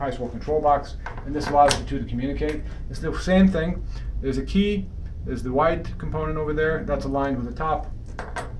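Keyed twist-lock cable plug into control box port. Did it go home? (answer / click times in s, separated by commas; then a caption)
no / none. Someone talks while aligning a keyed twist-lock communication cable plug, which connects the computer to the control box, with the white key and pushing it toward the control box port. A couple of brief handling taps are heard near the end. The plug has not seated or clicked into place yet.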